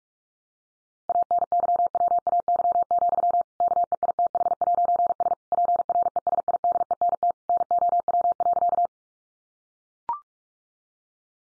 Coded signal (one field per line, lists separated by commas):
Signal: Morse code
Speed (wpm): 44 wpm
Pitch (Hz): 700 Hz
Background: none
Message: ANYWAY, KEITH'S PRESIDENT NOW.